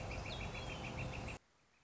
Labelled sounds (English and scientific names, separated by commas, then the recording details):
Northern Flicker (Colaptes auratus)
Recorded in Sonoma County, California